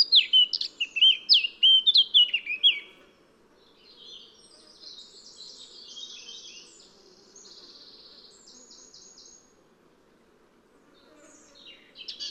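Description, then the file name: Eurasian blackcap song: a short loud burst of sweet whistled warbling, then long soft high twittering and a brief return at the end. "Sylvia atricapilla"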